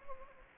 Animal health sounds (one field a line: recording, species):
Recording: mosquito wingbeat signal from an infrared sensor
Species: Anopheles gambiae